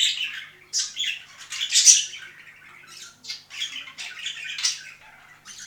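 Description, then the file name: Budgerigar warbling song, a run of raspy chirps and scratchy squawks with brief pauses, high-pitched and uneven in rhythm. Singing of budgerigars, more than one bird. "penie volnistyx popugaev"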